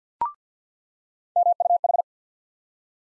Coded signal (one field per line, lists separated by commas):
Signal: Morse code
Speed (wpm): 50 wpm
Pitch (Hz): 700 Hz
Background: none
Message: MUH